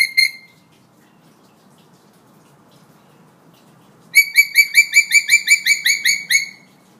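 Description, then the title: Hill myna calling with a short rich note, a pause of several seconds, then a rapid run of bright, harmonic notes. Energetic, actively singing bird ("gacor"); recording intended as tutor material (masteran) for training birds. "Suara Burung Beo Gacor Cocok Untuk Masteran"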